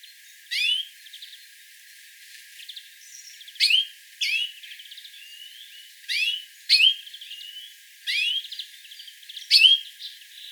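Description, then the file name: European greenfinch calls: brief bright chirps in pairs and singles, each ending in a short rising twang, spaced a second or two apart over quiet background. "Chloris chloris"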